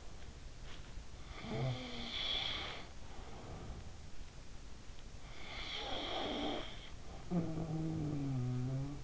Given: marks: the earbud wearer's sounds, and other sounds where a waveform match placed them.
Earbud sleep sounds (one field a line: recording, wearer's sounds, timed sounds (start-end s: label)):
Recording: sounds in sleep by an in-ear microphone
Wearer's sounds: snoring breath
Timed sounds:
1.21-4.18 s: snoring breath
5.45-9.04 s: snoring breath